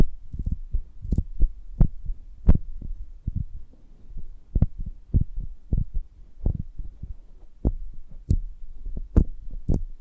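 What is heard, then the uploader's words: Soft, dull taps and thumps on a honeycomb on a branch come irregularly about twice a second, a few with sharp, crisp clicks. ASMR of a Honeycomb on Branch (No Talking).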